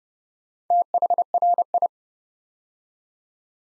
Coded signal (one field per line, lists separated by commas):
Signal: Morse code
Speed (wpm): 30 wpm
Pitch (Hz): 700 Hz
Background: none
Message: THRI